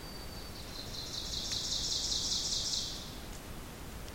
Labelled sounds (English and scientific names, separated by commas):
Ovenbird (Seiurus aurocapilla) song